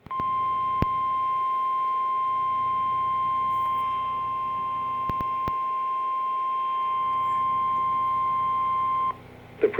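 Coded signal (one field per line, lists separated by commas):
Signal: Emergency Alert System (SAME) tones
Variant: 1050 Hz attention tone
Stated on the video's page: Required weekly test tones recorded from NOAA weather radio stations.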